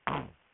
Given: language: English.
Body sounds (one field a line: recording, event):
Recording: throat vibration sensor signal played as sound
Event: throat clearing